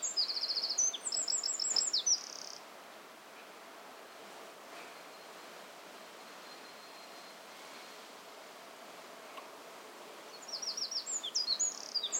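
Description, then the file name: Eurasian wren song: a loud, very high, rapid jingle of trills and sharp notes lasting about two and a half seconds, then quiet, then a second burst starting near the end. "Troglodytes troglodytes"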